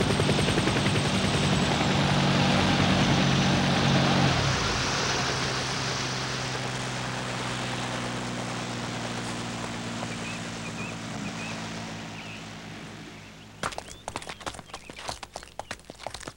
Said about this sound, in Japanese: ん？鳥だ、父上。見たこともない鳥が降りてくるよ。 恐れるな、ウパ。あれは鳥ではない。飛行機という乗り物だ。